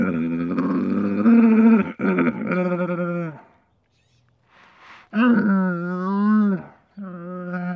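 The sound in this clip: Camel bellowing in drawn-out throaty groans and gurgles, a pause in the middle, then more rising and falling moans.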